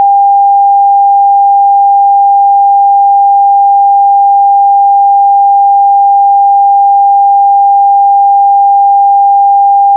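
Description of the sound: A steady, pure, mid-high whistle-like tone holds at one pitch, about 800 Hz, for the full ten seconds with no change in loudness. It is a simulated reference tone for determining tinnitus pitch: a listener compares it with their own ringing to find the tinnitus pitch.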